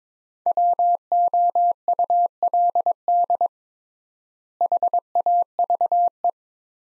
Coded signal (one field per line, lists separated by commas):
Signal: Morse code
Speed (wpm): 22 wpm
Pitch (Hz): 700 Hz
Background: none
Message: WOULD HAVE